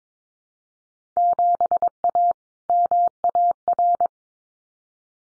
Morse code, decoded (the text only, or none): 7A MAR